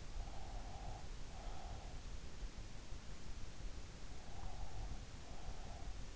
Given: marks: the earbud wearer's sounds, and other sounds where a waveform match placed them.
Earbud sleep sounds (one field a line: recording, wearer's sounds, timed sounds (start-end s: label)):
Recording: sounds in sleep by an in-ear microphone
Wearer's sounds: breath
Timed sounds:
0.00-2.33 s: breath
4.23-6.07 s: breath